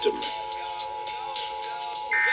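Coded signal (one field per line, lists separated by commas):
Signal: Emergency Alert System (SAME) tones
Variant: 853 and 960 Hz attention tone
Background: speech, music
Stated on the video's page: Texas Required Monthly Test EAS alerts.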